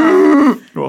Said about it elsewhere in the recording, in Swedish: Du har ju en förträngning i de övre luftvägarna. Dels kan en anafylaktisk reaktion orsaka en svullnad övre luftvägarna. Men du kan ju också ha partiellt satt i halsen. Men en stridor, det är en inspiratoriskt biljud.